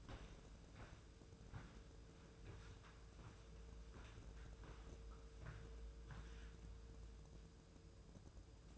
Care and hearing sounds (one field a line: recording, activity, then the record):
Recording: daily activity, microphone in the room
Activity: walk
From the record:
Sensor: 2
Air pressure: 1005.3 hPa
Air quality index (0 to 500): 99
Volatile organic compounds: 2 ppm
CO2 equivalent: 1206 ppm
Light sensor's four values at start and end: 8/20/8/8 and 8/20/8/8